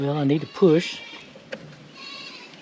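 On a Chevrolet Suburban seat, a hidden plastic retaining clip of the seat cushion cover is being pushed by hand into the seat frame while someone talks. Quiet handling noise follows, with one short sharp tap at about 1.5 s. The part is handled but not yet home, and nothing has seated or clicked yet.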